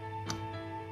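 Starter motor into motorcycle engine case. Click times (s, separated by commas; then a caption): 0.3 s. A thumb pushes a starter motor straight into the engine case of an SV650 motorcycle, pressing on the back of the motor. A single sharp click at 0.3 s rises over steady background music. The starter motor is seated in the engine case.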